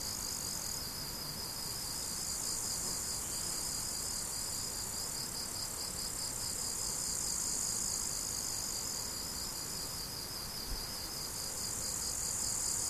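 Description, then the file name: Crickets keep up a fast, steady pulsed chirping at high pitch, under a continuous shrill insect hiss, with a single faint click near the end. Crickets recorded 17 July 2012 with an MZ-N710 recorder. "mz-n 710 grillons 17 07 2012"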